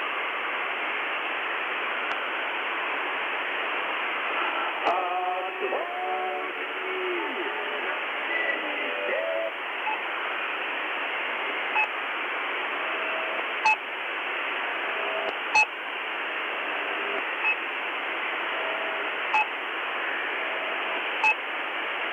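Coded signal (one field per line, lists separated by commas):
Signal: channel marker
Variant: The Pip imitation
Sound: short pips repeating about every two seconds over steady radio hiss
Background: radio static, brief warbles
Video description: Likely to be a Russian radio pirate rather than a military channel marker, this is a particularly strong signal currently broadcasting constantly. The normal marker is very similar to the pip channel marker usually found on either 5448 kHz (day) or 3756 kHz (night).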